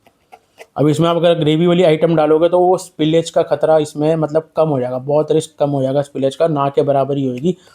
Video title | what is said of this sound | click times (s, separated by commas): CLOUD KITCHEN MAI USE HONE WALE DISPOSABLE WITH PRICES & ALL INFORMATION - CLOUD KITCHEN | आवाज आएगी तो इसका मतलब यह भाई लॉक हो गया। ये देखो | 0.1 s, 0.3 s